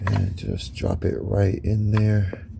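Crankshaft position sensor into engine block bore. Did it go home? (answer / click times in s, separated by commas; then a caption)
no / none. A new crankshaft position sensor for a 2012 Cadillac CTS 3.0L is being put into its bore in the engine block from underneath the car while someone talks. The sensor has not snapped into place yet, and no click is heard.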